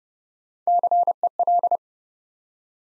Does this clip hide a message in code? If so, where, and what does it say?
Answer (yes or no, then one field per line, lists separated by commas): yes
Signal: Morse code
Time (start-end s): 0.7-1.8 s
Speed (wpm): 30 wpm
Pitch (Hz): 700 Hz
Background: none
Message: CEL